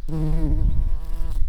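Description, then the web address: Common carder bee buzzing, a low droning hum with rich overtones, steady then slightly wavering, over a rumbling low-frequency background. Queens. "Pascuorum queens"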